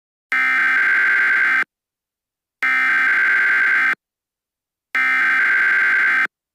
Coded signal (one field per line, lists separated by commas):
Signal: Emergency Alert System (SAME) tones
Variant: header bursts